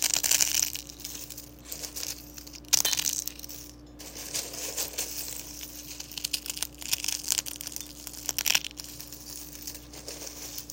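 Eggshells are crushed in a run of dry, brittle crackles and crunches, denser near the start and again around six to nine seconds. Sharp louder snaps land near three and nine seconds, with a short quiet gap near four. A faint steady low hum runs underneath.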